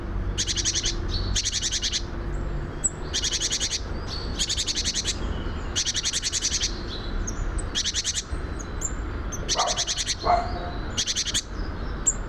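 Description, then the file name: Great tit giving harsh chattering calls, short rapid bursts of buzzy notes repeated at short intervals, with faint thin whistles and a low steady rumble beneath. "Parus major"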